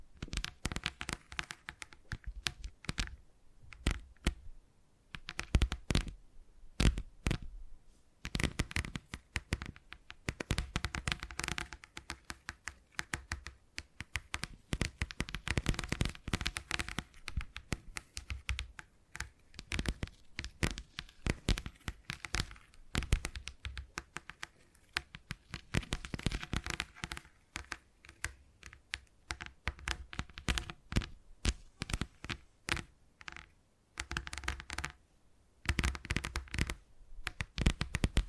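Tapping sounds run through the whole recording, quick clicky taps like fingers on a keyboard, coming in dense irregular bursts with brief pauses between them. Each tap is sharp and crisp, reaching from low thuds to bright ticks, with a faint steady hum underneath.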